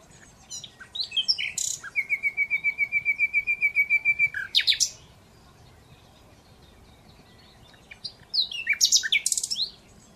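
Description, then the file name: Common Nightingale song with a steady run of rapidly repeated notes lasting about two seconds, followed by sharp bursts and a later varied phrase. "Luscinia megarhynchos"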